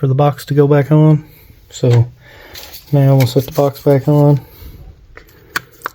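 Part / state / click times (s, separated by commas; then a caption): plastic receiver box on an RC truck chassis / seated / 5.6 s, 5.9 s. Someone talks while the plastic receiver box cover is set back onto an RC monster truck chassis (a Losi LMT) after the servo wires are folded down out of the way during a steering servo change. After the talking stops, two sharp clicks at 5.6 s and 5.9 s mark the box snapping into place, seated.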